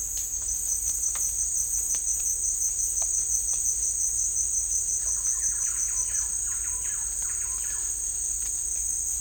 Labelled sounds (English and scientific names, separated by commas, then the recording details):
none
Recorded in secondary vegetation near Puerto Asís, Putumayo, Colombia, on 21 December 2024 at 15:30
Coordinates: 0.484, -76.319
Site GP06